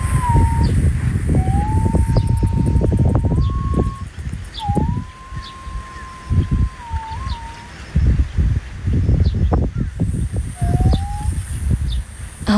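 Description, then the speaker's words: Green pigeon singing drawn-out, mellow whistled notes that hold level and then slide up or dip, several phrases amid strong gusting wind noise. "風が強かったからボーボー言ってますけど、青鳩の声聞いてみてください。"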